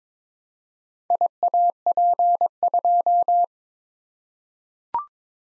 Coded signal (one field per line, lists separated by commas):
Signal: Morse code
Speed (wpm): 22 wpm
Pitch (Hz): 700 Hz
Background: none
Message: IAP2